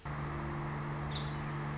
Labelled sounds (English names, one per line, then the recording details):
Nuttall's Woodpecker
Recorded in Sonoma County, California